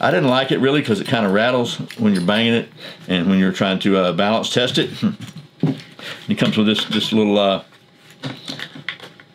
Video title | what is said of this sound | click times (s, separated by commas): 10 Favorite Schrade Knives - Sharp Saturday | poly sheath I guess what they call it but and it snaps in pretty good | 8.9 s